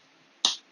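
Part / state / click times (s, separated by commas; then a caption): latching plate on a sliding privacy partition in a trailer / seated / 0.5 s. A latching plate on a sliding privacy partition in a 2013 Airstream travel trailer is latched back up, shutting with a single sharp snap at 0.5 s over a quiet background. The latch seats.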